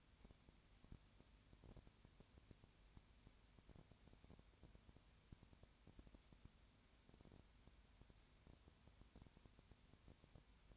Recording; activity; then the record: daily activity, microphone in the room; no activity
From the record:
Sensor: 2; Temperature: 20.4 degrees Celsius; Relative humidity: 35.5%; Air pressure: 1007.1 hPa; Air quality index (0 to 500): 122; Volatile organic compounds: 2 ppm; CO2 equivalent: 1253 ppm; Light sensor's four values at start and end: 2/3/2/2 and 2/3/2/2